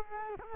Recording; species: mosquito wingbeat signal from an infrared sensor; Culex quinquefasciatus